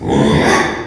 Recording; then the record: squeal of a Yucatan mini pig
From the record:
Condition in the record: after surgery on the right vocal fold (resection and tissue-engineered implant); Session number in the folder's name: 3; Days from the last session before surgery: 33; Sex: male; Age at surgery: 12 weeks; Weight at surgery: 13 kg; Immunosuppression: cyclosporine, prednisolone